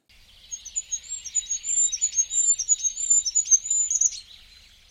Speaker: Du hast das Wintergoldhähnchen jetzt in dieser Folge schon ein paar Mal gehört.